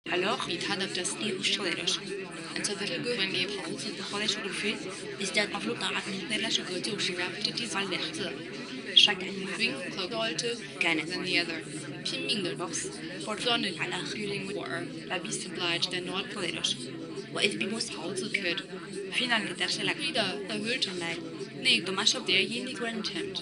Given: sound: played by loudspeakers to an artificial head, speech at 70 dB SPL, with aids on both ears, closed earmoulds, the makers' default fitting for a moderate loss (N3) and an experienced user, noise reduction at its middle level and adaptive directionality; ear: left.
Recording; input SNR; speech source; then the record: speech test signal (ISTS) in cocktail-party noise; -3 dB; in front (0 degrees)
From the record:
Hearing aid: class 2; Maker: B